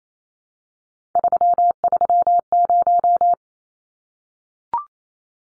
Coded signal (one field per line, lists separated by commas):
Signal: Morse code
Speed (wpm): 28 wpm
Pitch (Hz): 700 Hz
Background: none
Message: 330